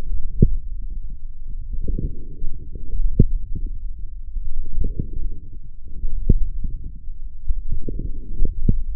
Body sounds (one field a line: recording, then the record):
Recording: forearm muscle sounds (acoustic myography)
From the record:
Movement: forearm pronation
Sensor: system 1, eight BSWA MPA416 microphones around the upper forearm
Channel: 5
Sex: male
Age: 20 years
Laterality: left